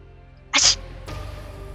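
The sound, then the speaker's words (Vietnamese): A single sharp sneeze bursts out as someone suddenly wakes up, loud and breathy with a bright hissing top, lasting a fraction of a second before giving way to low background hum. “Công Tôn đột nhiên hắt xì một tiếng, lấy tay xoa xoa lỗ mũi tỉnh dậy.”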